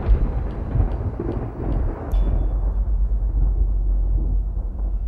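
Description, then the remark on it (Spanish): A deep, continuous rumble of thunder from an approaching storm in the province of Málaga rolls on for several seconds, heavy in the low end with a crackling onset that settles into a steady, loud growl. “Y parece que la tormenta no tardará en estallar.”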